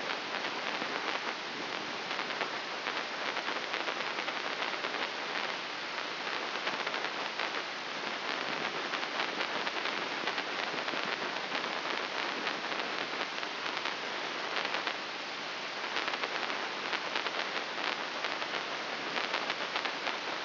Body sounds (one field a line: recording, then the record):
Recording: brain microelectrode recording played as sound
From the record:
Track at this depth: inside the subthalamic nucleus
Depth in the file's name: 0.601 mm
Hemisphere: left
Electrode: 3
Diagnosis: Parkinson's disease